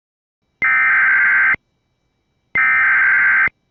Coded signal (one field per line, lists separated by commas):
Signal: Emergency Alert System (SAME) tones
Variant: header bursts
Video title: Flash Flood Warning for Harris, TX (EAS #13) Requested by: Dog Stephens Co Weather Channel